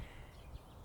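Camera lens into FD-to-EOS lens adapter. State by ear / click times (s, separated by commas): not seated / none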